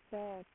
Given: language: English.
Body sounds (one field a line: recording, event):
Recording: throat vibration sensor signal played as sound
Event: speech